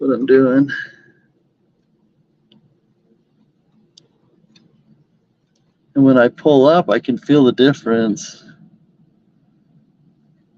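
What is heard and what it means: A part of the action in a new Steinway Model D grand piano is pulled up by hand during piano prep, with someone talking before and after and only faint small ticks of handling in the quiet gap between. The part has not popped back into its seat yet; nothing has seated or clicked by the end of the clip.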